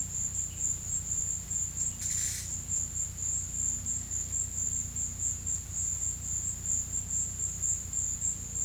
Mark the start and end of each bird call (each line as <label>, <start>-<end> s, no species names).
bird call, 1.99-2.50 s